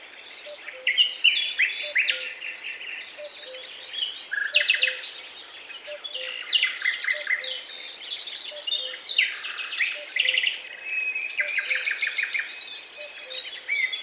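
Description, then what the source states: Bird chorus: dense, overlapping chirps and short trills from many birds, coming in bursts every few seconds with faint low dashes underneath. Chirping birds in a forest, described as peaceful.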